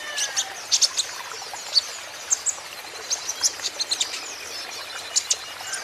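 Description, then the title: Van Hasselt's sunbird producing scattered high, sharp chips and thin trills, irregularly spaced, over a constant background hiss. Young, green-plumaged (konin ijoan) kolibri ninja in lively (gacor) song; used as a lure and therapy so untrained (bahan) konin birds will answer. "KOLIBRI NINJA KONIN IJOAN GACOR COCOK UNTUK PANCINGAN TERAPI KONIN BAHAN PASTI NYAUT"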